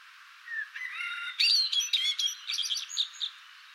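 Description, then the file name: Eurasian blackbird singing a short, low fluted phrase that quickly turns into a rapid burst of high, squeaky, chattering twitters. "Turdus merula"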